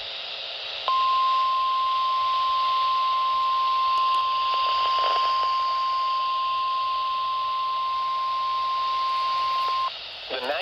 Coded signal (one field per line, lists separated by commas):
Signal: Emergency Alert System (SAME) tones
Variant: 1050 Hz attention tone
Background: speech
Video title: 4/1/23 - Severe Thunderstorm Warning on KHB38 & WLRB-FM (EAS #748 & EAS #749)